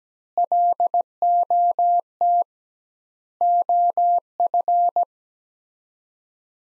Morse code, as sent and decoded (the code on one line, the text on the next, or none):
.-.. --- - / --- ..-.
LOT OF